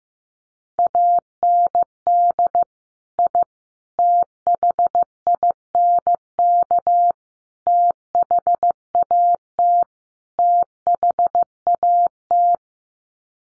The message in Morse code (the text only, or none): AND I THINK THAT THAT